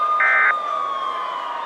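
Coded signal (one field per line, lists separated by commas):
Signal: Emergency Alert System (SAME) tones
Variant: end-of-message bursts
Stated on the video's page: Fictional EAS scenario containing valid EAS tones that could trigger real activations if aired.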